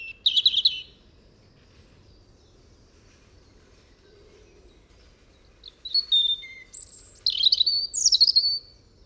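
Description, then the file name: European robin song: a short high warbled phrase at the start, a long pause, then a run of thin whistles and tumbling trills near the end. "Erithacus rubecula"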